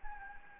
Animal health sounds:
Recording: mosquito wingbeat signal from an infrared sensor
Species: Anopheles gambiae

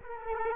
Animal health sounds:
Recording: mosquito wingbeat signal from an infrared sensor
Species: Culex quinquefasciatus

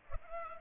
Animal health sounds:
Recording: mosquito wingbeat signal from an infrared sensor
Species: Culex pipiens

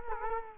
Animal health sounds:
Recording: mosquito wingbeat signal from an infrared sensor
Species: Culex quinquefasciatus

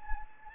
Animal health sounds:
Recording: mosquito wingbeat signal from an infrared sensor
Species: Anopheles gambiae

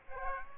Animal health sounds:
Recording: mosquito wingbeat signal from an infrared sensor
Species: Aedes aegypti

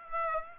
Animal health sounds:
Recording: mosquito wingbeat signal from an infrared sensor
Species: Aedes aegypti

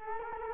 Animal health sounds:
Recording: mosquito wingbeat signal from an infrared sensor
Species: Culex quinquefasciatus

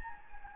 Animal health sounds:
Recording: mosquito wingbeat signal from an infrared sensor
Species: Anopheles gambiae

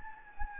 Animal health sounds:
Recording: mosquito wingbeat signal from an infrared sensor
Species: Anopheles gambiae

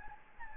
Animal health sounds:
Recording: mosquito wingbeat signal from an infrared sensor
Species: Anopheles gambiae

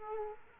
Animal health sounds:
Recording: mosquito wingbeat signal from an infrared sensor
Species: Aedes aegypti

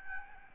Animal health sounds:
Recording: mosquito wingbeat signal from an infrared sensor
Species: Aedes albopictus

